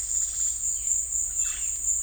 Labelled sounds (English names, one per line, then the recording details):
none
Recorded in secondary vegetation near Puerto Asís, Putumayo, Colombia, on 20 December 2024 at 16:00
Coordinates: 0.488, -76.319
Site GP04